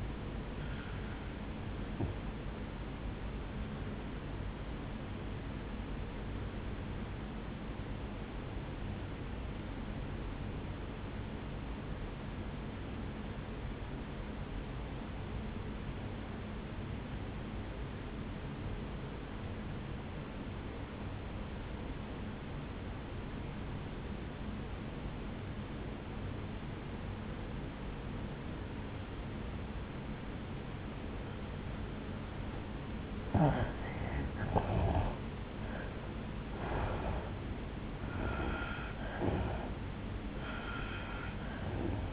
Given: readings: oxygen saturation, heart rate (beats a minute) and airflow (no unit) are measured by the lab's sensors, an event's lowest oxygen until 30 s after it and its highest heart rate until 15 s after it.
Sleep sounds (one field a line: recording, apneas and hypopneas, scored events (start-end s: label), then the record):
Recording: breathing in sleep by a voice recorder at the bedside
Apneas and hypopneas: 1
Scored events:
4.00-34.30 s: obstructive apnea (N1, oxygen 97% highest, then 86% lowest, heart rate 65 at the start, 74 highest)
From the record:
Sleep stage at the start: N1 (lightest sleep)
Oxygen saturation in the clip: 84 to 97%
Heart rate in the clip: 55 to 74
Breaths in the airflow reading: 4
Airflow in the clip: -8.4 to 6.6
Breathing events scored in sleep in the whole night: 449 in 7.0 hours asleep